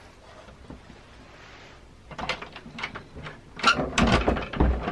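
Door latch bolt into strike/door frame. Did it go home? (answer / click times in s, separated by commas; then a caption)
no / none. An antique 1910s door knob and plate are being restored, and the old door latch bolt is pushed toward the strike in the door frame. From about 2.3 s, metallic clatters and rattles get louder, with the sharpest knocks near 4.0 s. The latch does not catch, and nothing has seated or clicked.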